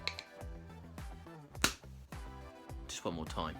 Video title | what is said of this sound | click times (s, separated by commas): Woodturning - The Rubix Cube Vase | fits on there quite well got a nice little click to it just | 1.6 s